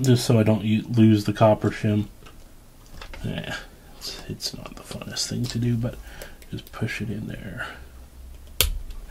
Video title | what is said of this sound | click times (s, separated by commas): Focus Screen EE s to Pentax K5,K3 or whatever part 1 | there clicks right in so i'll just cover this up | 8.6 s